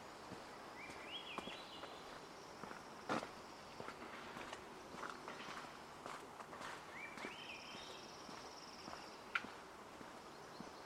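Outdoors at Hoyt Arboretum in Portland, Oregon, footsteps crunch and tap irregularly throughout. A bird twice gives a short, rising, stepped whistle, near one second and again around seven seconds, followed by a thin, steady high note. A low, even hush lies underneath.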